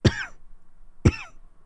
Dry Slow Double Cough.